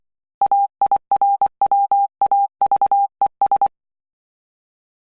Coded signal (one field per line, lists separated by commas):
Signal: Morse code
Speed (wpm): 24 wpm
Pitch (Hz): 800 Hz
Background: none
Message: AIRWAVES